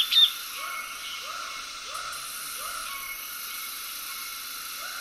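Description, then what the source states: Cicadas buzzing in a continuous high drone while a frog gives short croaks at a steady rhythm, with a pause before the last one. Tropical soundscape with cicadas and frogs calling together.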